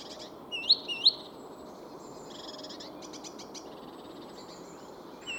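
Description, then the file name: Great tit calls: two sharply upslurred, bright notes close together near the start, then only faint high twittering over a steady background hiss. "Parus major"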